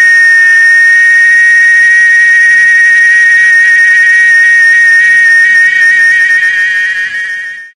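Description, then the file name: Cicada call as a loud, steady, shrill continuous drone that holds throughout, then fades at the very end. "cigarra"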